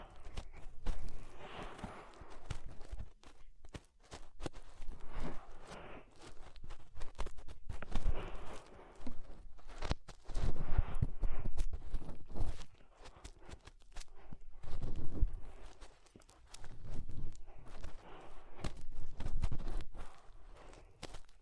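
Fingers rub and press inside an ear, making muffled rustling and scratching that comes in bursts of a second or two with short quiet gaps between. Sharp little clicks and crackles are scattered throughout, over a dull low thumping.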